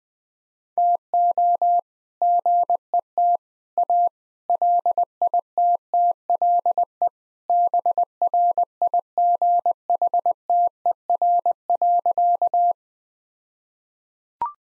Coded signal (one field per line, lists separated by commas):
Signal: Morse code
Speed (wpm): 21 wpm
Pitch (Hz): 700 Hz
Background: none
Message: TO GET A LITTLE BRIGHTER.